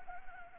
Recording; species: mosquito wingbeat signal from an infrared sensor; Anopheles gambiae